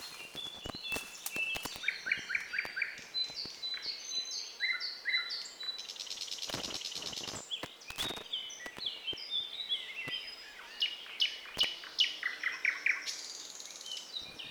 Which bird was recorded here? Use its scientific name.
Luscinia luscinia